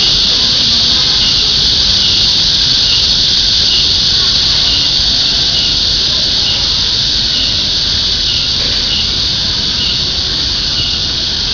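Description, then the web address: Cicada song, an unbroken high shrill hiss with slight rhythmic pulsing, loud and steady for the whole stretch. "特酷声音素材库 动物 昆虫 知了"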